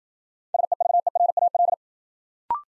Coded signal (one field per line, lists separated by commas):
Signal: Morse code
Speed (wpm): 53 wpm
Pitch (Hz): 700 Hz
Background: none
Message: SEVERAL